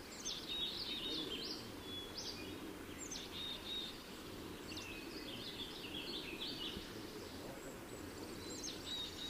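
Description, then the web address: Lincoln's sparrow giving repeated burbling phrases of high, quick notes, several in succession, against a steady low noise bed. Recorded in California. "Lincoln's Sparrow Sounds Calif CLO"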